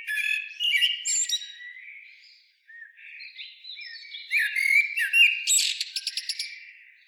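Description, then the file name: Common blackbird song with rich fluted warbles, a short pause, then more whistles finishing in a rapid run of thin, high clicking notes. "Turdus merula"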